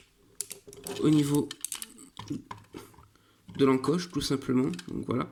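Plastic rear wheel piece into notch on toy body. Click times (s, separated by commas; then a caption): 0.4 s. A plastic rear wheel piece with pegs on each side is clipped into a notch on the body of a Transformers Studio Series Voyager Class Long Haul toy, giving a sharp click at 0.4 s. Fainter plastic handling clicks follow while someone talks. The wheel piece is seated in the notch.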